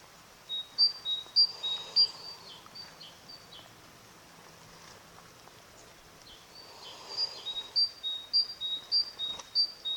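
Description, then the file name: Great tit repeating bright two-note whistled phrases, a burst early on, a pause, then a longer run of evenly spaced pairs near the end. "Parus major"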